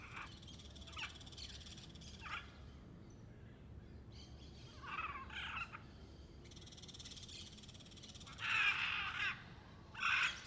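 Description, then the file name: Macaw giving harsh, raspy squawks in scattered bursts, loudest near the end, over a faint low rumble. In Goiânia in the afternoon; reverberant setting, constant cricket and very distant traffic. "Arara e outros passaros no ifg goiania a tarde ambiente reverberante, grilo constante, transito bem longe"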